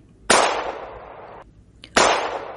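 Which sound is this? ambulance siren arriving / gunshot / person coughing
gunshot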